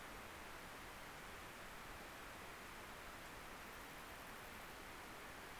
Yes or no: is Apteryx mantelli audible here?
no